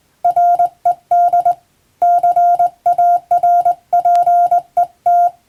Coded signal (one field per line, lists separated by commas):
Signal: Morse code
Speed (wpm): 20 wpm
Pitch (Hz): 700 Hz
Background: none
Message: RED CARPET